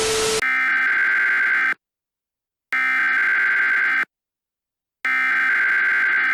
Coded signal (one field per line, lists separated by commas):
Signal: Emergency Alert System (SAME) tones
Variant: header bursts